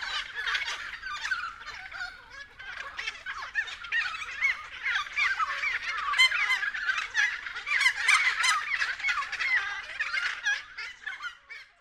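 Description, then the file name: Friarbirds giving harsh, rapid cackling calls, a busy overlapping chorus of clattering and honking notes that swells and fades slightly near the end. Several friarbirds recorded at 6:30 AM. "BIRD-FRIARBIRDS-N-301111-6 30 AM"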